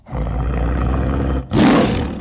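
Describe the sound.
Tiger roaring: one long, deep, rasping roar of more than a second, then a brief break and a shorter, harsher burst.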